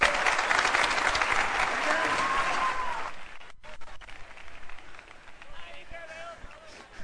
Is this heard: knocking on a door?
no